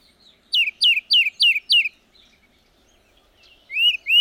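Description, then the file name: Tufted titmouse whistles, five loud downslurred notes in quick succession, then after a pause two more slurred notes, the last cut off. "Tufted Titmouse Lang Elliott"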